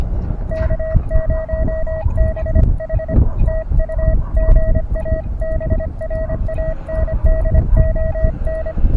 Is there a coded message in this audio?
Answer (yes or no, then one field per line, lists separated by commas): yes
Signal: Morse code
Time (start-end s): 0.5-8.7 s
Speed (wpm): 25 wpm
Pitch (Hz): 630 Hz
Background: none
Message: K0BH TU GA BRANDON